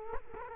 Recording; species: mosquito wingbeat signal from an infrared sensor; Culex quinquefasciatus